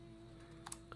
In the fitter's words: That seems right. It clicked in, so that seems okay.